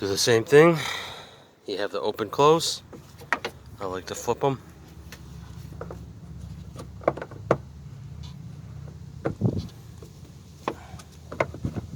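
A headlight bulb is being fitted into the back of a headlight housing socket, to be twisted until it locks into place. Someone talks at the start, followed by a few sharp plastic taps and clicks of handling at about 3.3, 7.1, 7.5, 10.7 and 11.4 seconds over a low background hum. The bulb has not seated or locked yet.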